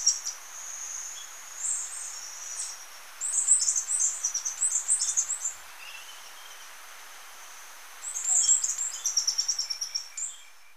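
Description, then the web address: Andean emerald giving high, squeaky twitters in several rapid bursts separated by quiet stretches, the final run a fast series of sharp pulses. Recorded in Ecuador. "Natures Songs S America Birds of Ecuador Andean Emerald"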